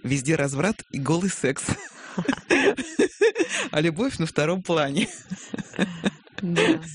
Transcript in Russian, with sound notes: везде разврат и голый секс. (смеется) А любовь на втором плане».
Да.